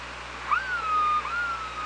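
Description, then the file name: Killer whale call, a single tonal cry that jumps up, holds briefly, then slides down and levels off with a short second rise, over steady underwater hiss and hum. Recorded by the OrcaLab hydrophone on 24 August 2017 at 15:39. "Orca Lab UTLN JASON 20170824 153922"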